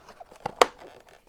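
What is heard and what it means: The last plastic buckle clip of an Airoh Matryx helmet liner is pushed into place in the helmet shell. After a softer tick at 0.5 s, a sharp, bright click at 0.6 s marks it snapping home, and the clip is seated.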